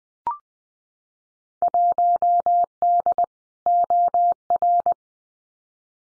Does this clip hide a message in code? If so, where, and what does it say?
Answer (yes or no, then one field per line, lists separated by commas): yes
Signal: Morse code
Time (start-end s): 1.6-4.9 s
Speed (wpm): 20 wpm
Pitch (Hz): 700 Hz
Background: none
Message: 1D OR